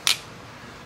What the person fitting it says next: still locks into place